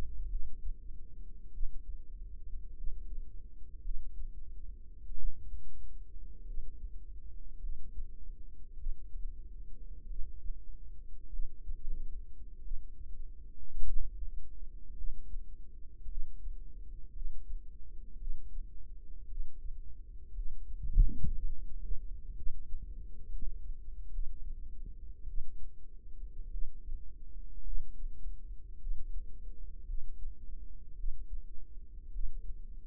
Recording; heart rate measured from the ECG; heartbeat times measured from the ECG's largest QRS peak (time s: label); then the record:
heart sounds by microphone in the right ear; 53 bpm
0.28 s: heartbeat
1.52 s: heartbeat
2.75 s: heartbeat
3.82 s: heartbeat
5.15 s: heartbeat
6.46 s: heartbeat
7.60 s: heartbeat
8.77 s: heartbeat
10.07 s: heartbeat
11.30 s: heartbeat
12.62 s: heartbeat
13.84 s: heartbeat
14.95 s: heartbeat
16.08 s: heartbeat
17.13 s: heartbeat
18.19 s: heartbeat
19.29 s: heartbeat
20.34 s: heartbeat
21.34 s: heartbeat
22.35 s: heartbeat
23.30 s: heartbeat
24.11 s: heartbeat
25.27 s: heartbeat
26.51 s: heartbeat
27.64 s: heartbeat
28.80 s: heartbeat
29.86 s: heartbeat
30.97 s: heartbeat
32.12 s: heartbeat
From the record:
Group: healthy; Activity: rest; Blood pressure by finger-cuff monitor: 104/62 mmHg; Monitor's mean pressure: 76 mmHg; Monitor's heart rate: 53 bpm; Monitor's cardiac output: 4.9 L/min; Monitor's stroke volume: 95 mL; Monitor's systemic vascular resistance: 1170 dyn s/cm5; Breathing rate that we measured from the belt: 18 breaths a minute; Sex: female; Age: 28 years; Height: 170 cm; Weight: 77 kg